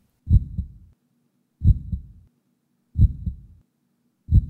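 Slow, regular heartbeat at about 45 beats a minute from an adult with arterial buildup. Each beat is a pair of low thuds followed by a soft, trailing low rumble.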